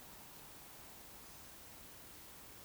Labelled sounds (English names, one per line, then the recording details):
Eurasian Woodcock whistle
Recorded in Baden-Württemberg, Germany, on 16 June 2020 at 20:31 UTC
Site 45520, 595 m above sea level